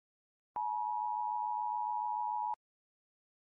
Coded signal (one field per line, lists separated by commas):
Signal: Emergency Alert System (SAME) tones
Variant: 853 and 960 Hz attention tone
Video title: EAS Scenario/Mock #2 - Black Hole Approach